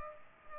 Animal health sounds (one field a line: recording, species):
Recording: mosquito wingbeat signal from an infrared sensor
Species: Culex pipiens